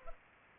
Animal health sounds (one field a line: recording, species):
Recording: mosquito wingbeat signal from an infrared sensor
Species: Culex pipiens